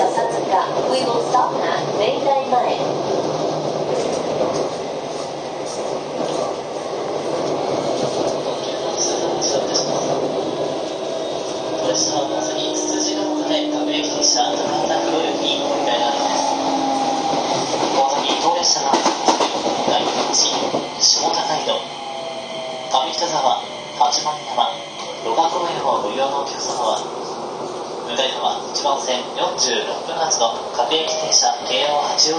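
A Keio 5000 series train runs steadily with a rising motor whine mid-clip, over constant rumble and rattle, with voices murmuring throughout.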